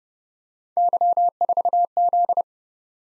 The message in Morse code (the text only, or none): Y4Z